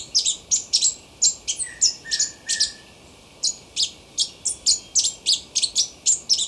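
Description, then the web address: Plushcap calls: high, thin chipping notes repeated in quick bursts, a short pause midway, and a soft lower whistled note in the background. Ecuador. "Birds of Ecuador. Plushcap"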